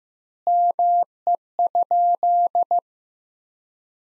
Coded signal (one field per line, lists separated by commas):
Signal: Morse code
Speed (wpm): 15 wpm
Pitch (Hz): 700 Hz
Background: none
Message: ME?